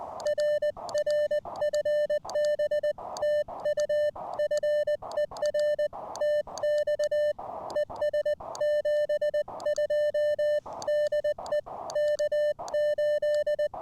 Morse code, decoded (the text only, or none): RR FB TU FER TX ES 72 DE K8